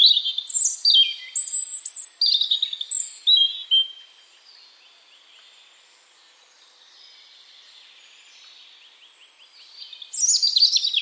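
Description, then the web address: European robin singing repeated phrases of high slurred whistles and rapid trills, falling quiet for about six seconds, then resuming with a bright trilling burst. "Deverinetal 2025 File origin Bird Only Er Ru"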